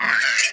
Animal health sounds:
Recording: pig call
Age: piglet (1 to 25 days)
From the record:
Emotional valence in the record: negative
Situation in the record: long isolation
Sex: female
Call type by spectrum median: low-frequency call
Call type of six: mixed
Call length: 0.54 s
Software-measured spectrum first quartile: 1727 Hz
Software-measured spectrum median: 2379 Hz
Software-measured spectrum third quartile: 4277 Hz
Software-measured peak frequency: 1595 Hz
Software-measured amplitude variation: 142 dB a second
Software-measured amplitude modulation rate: 17.7 a second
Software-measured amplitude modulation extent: 8.0 dB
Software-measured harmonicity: 2.8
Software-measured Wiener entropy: -2.56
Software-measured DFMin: 733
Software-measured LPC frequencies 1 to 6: 1671, 4447, 5693, 7035, 7916, 8709 Hz

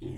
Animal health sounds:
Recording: pig call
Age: weaner (32 to 43 days)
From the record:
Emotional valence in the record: negative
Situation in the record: negative conditioning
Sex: female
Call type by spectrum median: low-frequency call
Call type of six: low-frequency stable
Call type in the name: low-frequency stable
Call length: 0.18 s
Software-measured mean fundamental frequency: 63 Hz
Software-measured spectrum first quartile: 117 Hz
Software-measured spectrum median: 249 Hz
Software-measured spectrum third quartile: 376 Hz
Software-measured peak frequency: 336 Hz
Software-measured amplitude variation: 159 dB a second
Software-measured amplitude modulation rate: 25.3 a second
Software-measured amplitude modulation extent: 6.3 dB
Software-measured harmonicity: -1.6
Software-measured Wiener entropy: 0.04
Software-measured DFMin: 1671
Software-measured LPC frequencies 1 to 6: 330, 2097, 3483, 5445, 6366, 7157 Hz

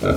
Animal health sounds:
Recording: pig call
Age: growing-finishing pig (85 days or more)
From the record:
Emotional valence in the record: positive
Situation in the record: enriched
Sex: female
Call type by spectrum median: low-frequency call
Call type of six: low-frequency modulated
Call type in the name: low-frequency modulated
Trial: 2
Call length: 0.17 s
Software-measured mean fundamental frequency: 66 Hz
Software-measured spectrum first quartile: 232 Hz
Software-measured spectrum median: 467 Hz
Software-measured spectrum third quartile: 903 Hz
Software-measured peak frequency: 605 Hz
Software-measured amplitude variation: 105 dB a second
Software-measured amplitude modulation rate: 14.8 a second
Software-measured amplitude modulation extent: 7.1 dB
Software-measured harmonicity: -2.0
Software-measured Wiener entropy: -0.96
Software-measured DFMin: 931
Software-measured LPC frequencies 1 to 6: 520, 1356, 2232, 3685, 5405, 6530 Hz

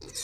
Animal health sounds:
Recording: pig call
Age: weaner (32 to 43 days)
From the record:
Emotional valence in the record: negative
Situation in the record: novel object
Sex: female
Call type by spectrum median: high-frequency call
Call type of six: mixed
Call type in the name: high-frequency modulated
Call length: 0.24 s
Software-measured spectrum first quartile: 3555 Hz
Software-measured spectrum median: 5741 Hz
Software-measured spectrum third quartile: 7698 Hz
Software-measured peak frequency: 5992 Hz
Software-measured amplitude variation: 137 dB a second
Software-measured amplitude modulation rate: 24.6 a second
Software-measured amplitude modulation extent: 5.6 dB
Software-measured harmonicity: 3.1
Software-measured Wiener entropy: -2.25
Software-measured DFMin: 677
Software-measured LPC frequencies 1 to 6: 440, 1822, 2371, 3719, 4254, 5481 Hz

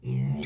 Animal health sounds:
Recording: pig call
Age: weaner (32 to 43 days)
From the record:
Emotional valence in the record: negative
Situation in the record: long isolation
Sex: female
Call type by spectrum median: low-frequency call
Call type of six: low-frequency modulated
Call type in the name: high-frequency modulated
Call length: 0.47 s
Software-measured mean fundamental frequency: 67 Hz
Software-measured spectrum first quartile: 135 Hz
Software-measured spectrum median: 192 Hz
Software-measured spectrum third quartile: 572 Hz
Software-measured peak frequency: 138 Hz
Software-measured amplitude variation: 122 dB a second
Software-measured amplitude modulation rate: 30.1 a second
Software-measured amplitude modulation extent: 4.1 dB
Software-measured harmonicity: 4.8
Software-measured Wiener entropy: -1.29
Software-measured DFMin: 1805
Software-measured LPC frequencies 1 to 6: 2226, 3450, 3880, 5611, 6147, 7369 Hz

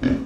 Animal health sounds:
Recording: pig call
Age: growing-finishing pig (85 days or more)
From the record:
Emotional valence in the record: negative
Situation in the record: barren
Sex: female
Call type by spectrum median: low-frequency call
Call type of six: low-frequency modulated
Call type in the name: low-frequency stable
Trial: 1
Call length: 0.26 s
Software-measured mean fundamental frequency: 48 Hz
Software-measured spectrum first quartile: 221 Hz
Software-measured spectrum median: 289 Hz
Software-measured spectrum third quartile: 569 Hz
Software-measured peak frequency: 259 Hz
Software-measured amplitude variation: 198 dB a second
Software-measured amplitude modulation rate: 21.0 a second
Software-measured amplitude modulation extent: 9.4 dB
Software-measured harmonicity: 3.5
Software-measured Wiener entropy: -0.94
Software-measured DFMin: 677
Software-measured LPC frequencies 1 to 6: 297, 1646, 2288, 2987, 3701, 4591 Hz

